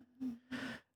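Loud snoring from a British bulldog puppy, two snore bursts in about one second, with the loudness put down to the breed.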